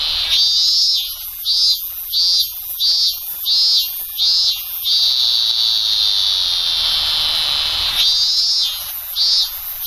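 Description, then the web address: Robust cicada: a series of rhythmic shrill pulses, then a long steady whine, then pulsing resumes. "sikioto insect minminzemi"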